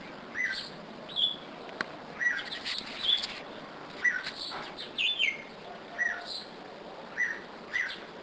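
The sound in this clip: Bulbul song: short bright chirped and whistled notes, singly and in pairs, over a soft hiss.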